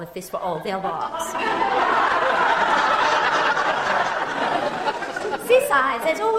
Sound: laughing

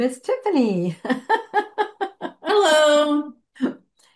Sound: laughs

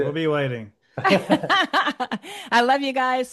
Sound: laughs

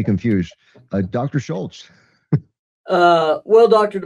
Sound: laughs

